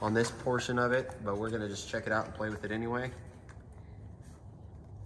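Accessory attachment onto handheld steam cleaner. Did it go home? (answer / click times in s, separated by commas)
no / none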